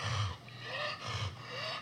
In her excitement, her breathing suddenly got very labored. It sounded like someone was having an asthma attack. It was very raspy and scary, like she could die at any second.